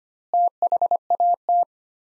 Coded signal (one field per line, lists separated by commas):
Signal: Morse code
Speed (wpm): 25 wpm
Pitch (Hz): 700 Hz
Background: none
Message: THAT